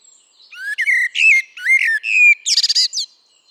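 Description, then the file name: Eurasian blackbird song: a loud run of mellow, slurred whistles climbing and dipping, ending in a rapid burst of high scratchy twittering notes. "Turdus merula"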